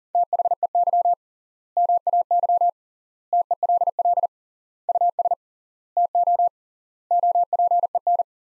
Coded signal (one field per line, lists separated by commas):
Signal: Morse code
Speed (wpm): 40 wpm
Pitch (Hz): 700 Hz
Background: none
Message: THEY MAY TELL US TO OPEN